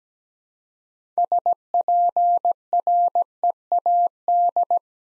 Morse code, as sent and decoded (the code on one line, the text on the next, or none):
... .--. .-. . .- -..
SPREAD